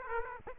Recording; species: mosquito wingbeat signal from an infrared sensor; Aedes aegypti